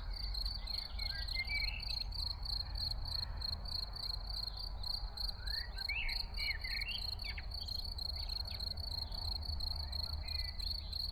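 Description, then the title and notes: Field cricket giving a constant run of shrill pulsed chirps, with a few blackbird notes and a low background rumble. Early summer in a small village, Ettenkirch near Lake Constance, recorded over 14 years ago with Edirol R1 and OKM I microphones; blackbirds in background. "Ettenkirch near lake Constance - Early summer scene in a small village. Frühsommerszene in einem kleinen Dorf in der Nähe des Bodensees: Feldgrille, Amseln, Kirchenglocken, Stimmen und einige Autos im Hintergrund"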